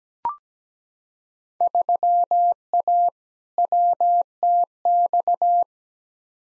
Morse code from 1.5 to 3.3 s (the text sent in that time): 3A